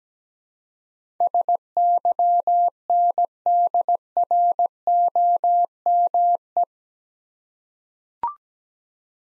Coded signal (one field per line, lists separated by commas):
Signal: Morse code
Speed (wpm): 17 wpm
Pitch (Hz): 700 Hz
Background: none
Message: SYNDROME